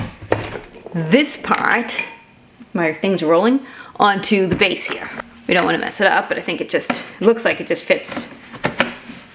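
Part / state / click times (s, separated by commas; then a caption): mop handle section into mop base / seated / 8.8 s. Someone talks while pushing a plastic handle section of an O-Cedar H2Pro Flat Mop System onto the mop base during assembly. A sharp click at 8.8 s marks the part clicking right in and seating on the base.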